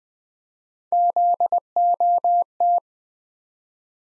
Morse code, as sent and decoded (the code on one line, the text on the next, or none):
--.. --- -
ZOT